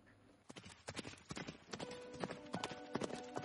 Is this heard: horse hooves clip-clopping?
yes